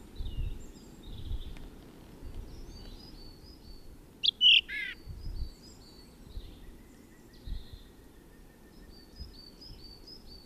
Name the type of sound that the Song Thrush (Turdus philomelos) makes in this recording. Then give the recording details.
song. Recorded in the wild. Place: DE. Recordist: Tretzel, Erwin